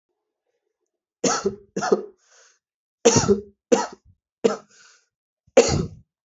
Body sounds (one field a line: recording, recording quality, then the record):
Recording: heavy voluntary cough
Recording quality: excellent, no background noise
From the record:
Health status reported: healthy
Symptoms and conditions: none ticked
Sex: male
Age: 23 years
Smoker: not ticked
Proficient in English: yes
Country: India